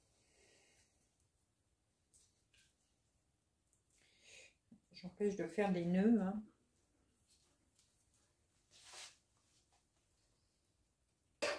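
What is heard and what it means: While a new magnifier lamp is being assembled, a part is handled before being pushed into its mount; nothing has seated or clicked yet. Someone talks around the middle of the clip, between faint handling rustles and a brief breathy noise near 9 seconds. A sudden loud burst comes right at the very end.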